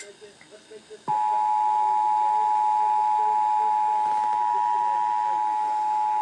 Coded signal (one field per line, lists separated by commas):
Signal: Emergency Alert System (SAME) tones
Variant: 853 and 960 Hz attention tone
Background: speech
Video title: IPAWS Weekly Test (3/22/21)(EAS 635) With EASyCAST Relay